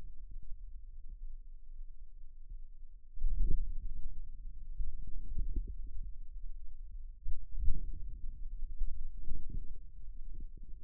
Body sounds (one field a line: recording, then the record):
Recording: forearm muscle sounds (acoustic myography)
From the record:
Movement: outward rotation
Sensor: system 2, bracelet of six BSWA MPA416 microphones around the upper forearm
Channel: 1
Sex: male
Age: 22 years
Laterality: right